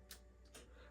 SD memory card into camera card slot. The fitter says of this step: Put it in that way. You should hear a click.